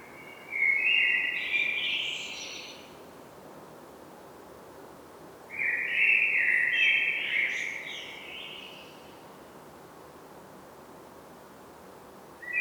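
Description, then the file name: Common blackbird gives two full flutey phrases about five seconds apart, each with a warbled start and a twittering end, steady hiss between. "Turdus merula"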